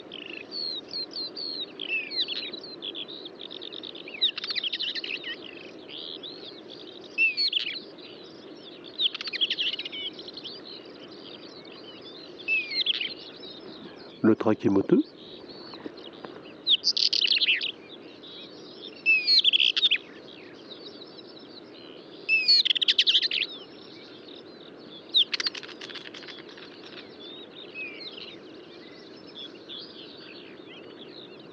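Birds at daybreak on a mountain pass sing in a steady stream of high chirps and warbled phrases, with louder bursts every few seconds. A low, even hum runs underneath throughout, and a brief lower thud or call cuts in near the middle.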